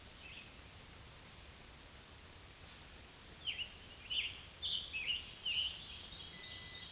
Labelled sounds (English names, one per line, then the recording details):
Scarlet Tanager song
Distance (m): 45 m
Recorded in a Pennsylvania forest on 1 June 2023 at 08:09
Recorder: AudioMoth, point grid3_18_low
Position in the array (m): 165 m, 141 m